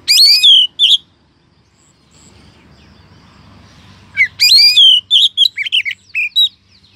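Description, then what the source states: Oriental magpie-robin song: a fast burst of sweet, varied whistled notes, a pause with faint low rumble, then another rich tumbling phrase of rising and falling whistles. Female.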